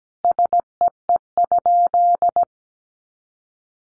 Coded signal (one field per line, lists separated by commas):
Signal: Morse code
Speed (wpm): 17 wpm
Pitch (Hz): 700 Hz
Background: none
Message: SEE?